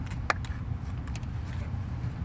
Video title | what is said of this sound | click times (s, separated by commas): 01 dodge Durango intake gaskets pt5 | there we go hope you can hear the snap there | 0.3 s